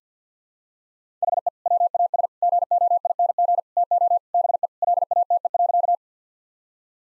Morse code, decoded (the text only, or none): HE WAS GOING TO BE LATE.